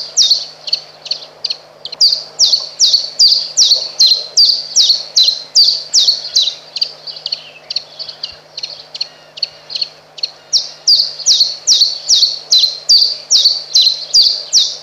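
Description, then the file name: Common chiffchaff song: a long, steady series of sharp high notes, about two or three per second, with a faint low hum underneath. "Pierwiosnek"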